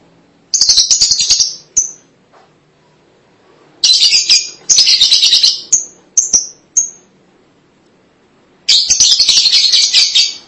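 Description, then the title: Lovebird calls in shrill, buzzy chattering bursts with a few short high squeaks between them and quiet pauses of a second or two. "BM Suara Burung Lovebird"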